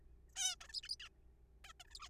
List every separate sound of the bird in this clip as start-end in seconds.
0.36-0.55, 0.61-0.67, 0.69-0.72, 0.73-0.81, 0.83-0.88, 0.89-0.95, 1.00-1.08, 1.65-1.72, 1.80-1.84, 1.85-1.87, 1.88-1.90, 1.90-1.94, 1.95-1.99, 2.00-2.09